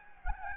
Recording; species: mosquito wingbeat signal from an infrared sensor; Anopheles gambiae